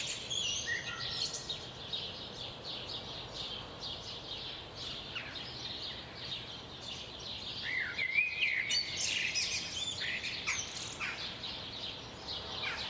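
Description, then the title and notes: Birds singing in a busy chorus, with many overlapping high chirps and short whistled notes, some rising and falling, continuing throughout over a faint steady background hiss. At 4am. "Birds at 4am by Daniel Sky"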